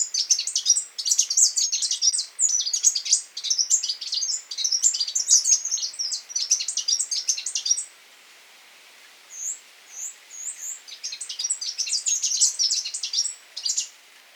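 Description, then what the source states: Canary flyrobin calls: rapid, thin, very high chattering notes in dense bursts for about eight seconds, a short pause with a few clipped notes, then more chatter. Papua New Guinea.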